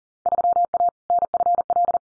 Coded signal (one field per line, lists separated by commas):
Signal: Morse code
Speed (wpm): 40 wpm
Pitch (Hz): 700 Hz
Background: none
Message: 3A NFL